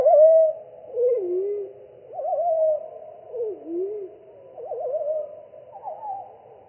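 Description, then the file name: Pied flycatcher song, a steady run of warbled phrases, some with a quick trill and others dipping and rising, following each other with hardly a break. Recording apparently slowed down (title: minus three). "GOBEMOUCHE NOIR"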